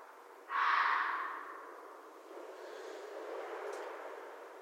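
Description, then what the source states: Red fox giving a single harsh, hoarse bark that fades slowly. Recorded 13 January 2012.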